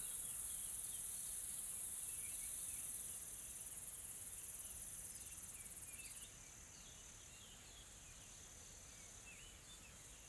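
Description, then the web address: Insects give a continuous high, hissing drone that softens after three seconds, with faint scattered chirps. Soft, calm insect ambience in a tropical forest in South Africa. "Sonniss com - GDC 2020-Game Audio Bundle Smart Sound FX - Nature South Africa AMBIENCE Additional Tropical Forest Soft Insects Calm"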